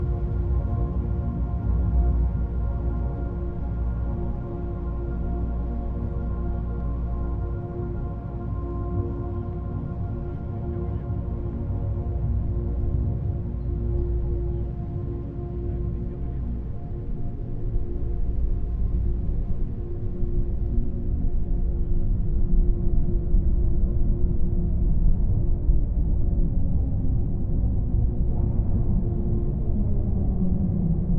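A field recording in Saint Petersburg, filled by a steady, low mechanical drone with several sustained humming tones, like a large engine or machinery. The rumble grows somewhat louder after the midpoint, and a brief shifting pitch appears near the end.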